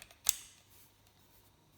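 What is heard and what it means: A metal emergency key blade is pushed back into the plastic housing of a Renault key fob and locks in with one sharp, loud click at 0.3 s. Faint ticks come before it, and quiet room noise follows. The blade is seated and the fob is reassembled.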